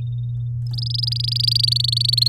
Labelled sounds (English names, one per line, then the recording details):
Domestic Canary song
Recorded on 7 May 2018 at 11:05
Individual llb16